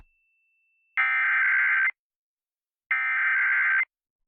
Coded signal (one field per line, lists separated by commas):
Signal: Emergency Alert System (SAME) tones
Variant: header bursts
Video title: A Short Testing Thursday (EAS #23274-23283) 11/7/24